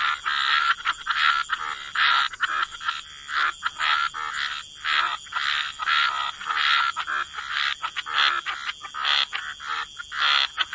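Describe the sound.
Frog chorus of rapid raspy croaks, several callers overlapping in irregular pulses over a steady high-pitched hiss.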